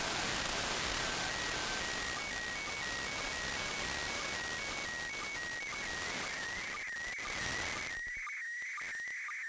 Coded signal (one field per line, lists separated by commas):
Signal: SSTV (slow-scan television)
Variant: PD 120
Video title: ISS SSTV